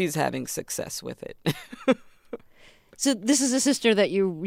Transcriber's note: soundbite of laughter